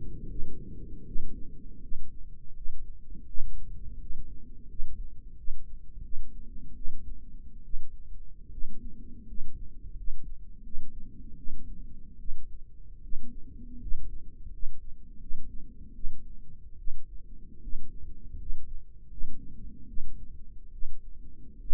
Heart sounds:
heart sounds by microphone in the right ear; 79 bpm
0.26 s: heartbeat
1.05 s: heartbeat
1.81 s: heartbeat
2.55 s: heartbeat
3.27 s: heartbeat
3.99 s: heartbeat
4.68 s: heartbeat
5.36 s: heartbeat
6.03 s: heartbeat
6.75 s: heartbeat
7.64 s: heartbeat
8.51 s: heartbeat
9.26 s: heartbeat
9.96 s: heartbeat
10.63 s: heartbeat
11.36 s: heartbeat
12.19 s: heartbeat
13.02 s: heartbeat
13.80 s: heartbeat
14.51 s: heartbeat
15.20 s: heartbeat
15.94 s: heartbeat
16.78 s: heartbeat
17.61 s: heartbeat
18.38 s: heartbeat
19.09 s: heartbeat
19.87 s: heartbeat
20.72 s: heartbeat
21.59 s: heartbeat
From the record:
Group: healthy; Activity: rest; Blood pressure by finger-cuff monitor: 89/59 mmHg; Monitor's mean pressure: 67 mmHg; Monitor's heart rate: 79 bpm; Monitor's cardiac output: 6 L/min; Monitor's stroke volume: 75 mL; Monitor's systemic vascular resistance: 760 dyn s/cm5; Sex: female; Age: 22 years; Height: 163 cm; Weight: 67.1 kg

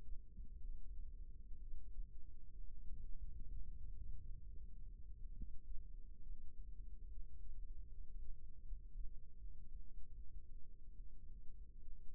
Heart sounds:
heart sounds by microphone in the right ear; 69 bpm
0.58 s: heartbeat
1.56 s: heartbeat
2.52 s: heartbeat
3.47 s: heartbeat
4.39 s: heartbeat
5.32 s: heartbeat
6.23 s: heartbeat
7.08 s: heartbeat
7.87 s: heartbeat
8.62 s: heartbeat
9.37 s: heartbeat
10.13 s: heartbeat
10.94 s: heartbeat
11.81 s: heartbeat
From the record:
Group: healthy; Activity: rest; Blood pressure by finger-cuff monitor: 135/67 mmHg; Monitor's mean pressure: 92 mmHg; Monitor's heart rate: 68 bpm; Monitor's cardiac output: 6.2 L/min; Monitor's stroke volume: 81 mL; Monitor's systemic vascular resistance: 1030 dyn s/cm5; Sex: female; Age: 37 years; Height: 168 cm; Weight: 70 kg

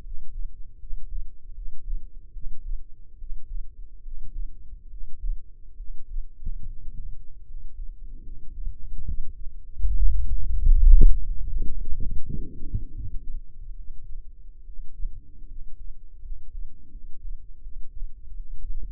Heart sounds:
heart sounds by microphone in the left ear; 75 bpm
0.02 s: heartbeat
0.78 s: heartbeat
1.53 s: heartbeat
2.31 s: heartbeat
3.17 s: heartbeat
4.02 s: heartbeat
4.88 s: heartbeat
5.75 s: heartbeat
6.64 s: heartbeat
7.44 s: heartbeat
8.22 s: heartbeat
9.06 s: heartbeat
9.93 s: heartbeat
10.75 s: heartbeat
11.51 s: heartbeat
12.25 s: heartbeat
12.93 s: heartbeat
13.76 s: heartbeat
14.65 s: heartbeat
15.46 s: heartbeat
16.21 s: heartbeat
16.90 s: heartbeat
17.62 s: heartbeat
18.35 s: heartbeat
From the record:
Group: healthy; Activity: rest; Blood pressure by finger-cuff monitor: 118/79 mmHg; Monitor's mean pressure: 87 mmHg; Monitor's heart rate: 78 bpm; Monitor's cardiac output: 5.8 L/min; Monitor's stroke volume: 74 mL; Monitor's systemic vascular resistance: 1110 dyn s/cm5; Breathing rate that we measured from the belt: 15 breaths a minute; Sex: male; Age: 21 years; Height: 170 cm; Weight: 71 kg

